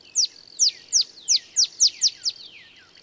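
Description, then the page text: Olive sparrow song of eight bright, down-slurred chips, spaced at first and then coming faster, over a steady faint high hiss. Male singing in early morning in Texas, about 50 miles north of the Mexican border; simple songs recall a field sparrow's bouncing-ball song, less mellow and melancholy. "Birdsong for the Curious Naturalist. Olive sparrow"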